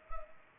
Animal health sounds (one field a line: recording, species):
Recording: mosquito wingbeat signal from an infrared sensor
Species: Culex pipiens